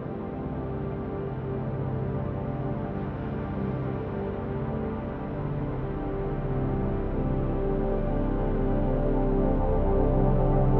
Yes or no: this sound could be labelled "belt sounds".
no